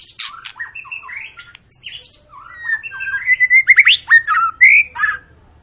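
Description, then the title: White-rumped shama song: a fast medley of swooping whistles, buzzy notes and clicks, growing louder and denser in the second half before stopping. Long lure recording meant to prompt other birds to sing; a continuously singing bird. "Pancingan Murai Batu Gacor Panjang"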